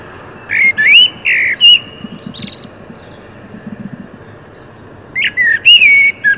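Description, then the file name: Common blackbird with warbling whistled notes and a scratchy high ending, a soft low twitter in the gap, then another fluted phrase near the end. "Turdus merula"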